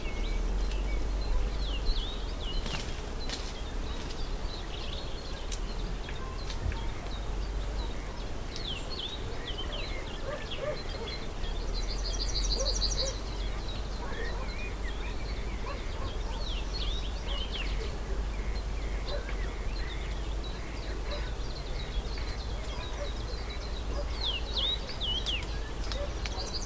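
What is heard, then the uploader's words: Serene woodland noises: a steady bed of soft rustle and hum runs throughout, with frequent high bird chirps and short calls scattered across the whole stretch. Around twelve seconds a brief rapid trill stands out above the rest, while the overall level stays even. Forest Echoes: Relaxing Nature Noises. Serene woodland noises.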